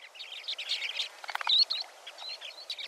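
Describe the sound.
Western sandpiper calls: a dense chatter of short, high chirping notes, with a louder burst midway.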